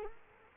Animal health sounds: mosquito wingbeat signal from an infrared sensor; Culex quinquefasciatus

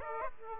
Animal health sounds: mosquito wingbeat signal from an infrared sensor; Aedes aegypti

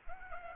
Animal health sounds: mosquito wingbeat signal from an infrared sensor; Aedes aegypti

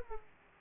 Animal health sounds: mosquito wingbeat signal from an infrared sensor; Aedes aegypti

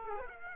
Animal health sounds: mosquito wingbeat signal from an infrared sensor; Aedes aegypti

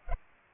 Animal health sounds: mosquito wingbeat signal from an infrared sensor; Culex pipiens

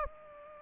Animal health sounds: mosquito wingbeat signal from an infrared sensor; Aedes aegypti

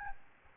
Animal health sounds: mosquito wingbeat signal from an infrared sensor; Aedes albopictus

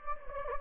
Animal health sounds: mosquito wingbeat signal from an infrared sensor; Anopheles gambiae

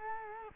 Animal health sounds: mosquito wingbeat signal from an infrared sensor; Culex quinquefasciatus

